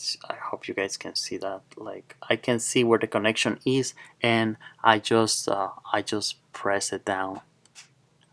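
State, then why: Seated. On an LG V40 ThinQ during reassembly, the charging port flex cable connector is pressed down onto its socket on the phone board while someone talks. A short click at 7.7 s marks the connector seating, and a visual check confirms it is fully clicked in.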